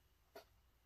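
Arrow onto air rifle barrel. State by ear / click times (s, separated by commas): seated / 0.4 s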